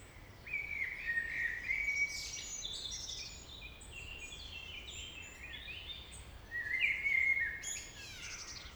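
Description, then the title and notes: Common blackbird singing clear, fluty warbled phrases, one early and another after a pause near the end, with high twittering from other birds throughout. Early evening in April 2019 in the Traouiero valley, Trégastel, France; one blackbird singing with other birds; recorded with an ORTF stereo microphone pair. "Vallée des Traouiero, Trégastel, France - Blackbird song [Valley Traouïero]. yponomeutaneko"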